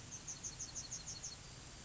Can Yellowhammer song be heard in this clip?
yes